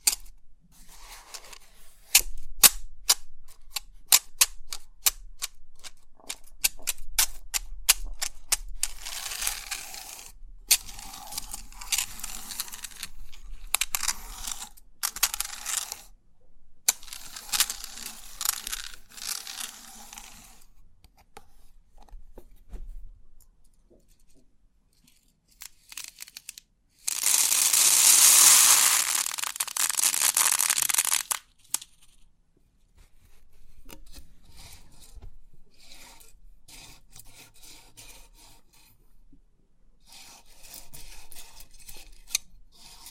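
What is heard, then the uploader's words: Crisp clicking and tapping from a pin art toy, with dense bursts of sharp ticks in the first twenty seconds, some rattling in brief patches. A loud bright hiss-like rush runs from about 27 to 31 seconds, followed by sparser, softer clicks to the end. Crisp 3D Pin Art Tingles(No Talking).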